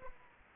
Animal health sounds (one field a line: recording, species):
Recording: mosquito wingbeat signal from an infrared sensor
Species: Culex quinquefasciatus